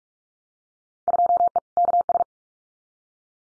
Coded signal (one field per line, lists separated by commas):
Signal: Morse code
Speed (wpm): 44 wpm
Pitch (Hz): 700 Hz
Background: none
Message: 2E KS